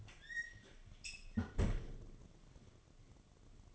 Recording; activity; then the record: daily activity, microphone in the room; close fridge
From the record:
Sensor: 4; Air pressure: 1005.5 hPa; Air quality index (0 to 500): 174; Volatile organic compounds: 5 ppm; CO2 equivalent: 1715 ppm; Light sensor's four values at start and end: 5/10/4/4 and 5/12/4/4